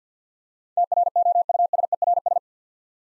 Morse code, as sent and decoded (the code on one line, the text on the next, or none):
- .-. --- ..- ... . .-. ...
TROUSERS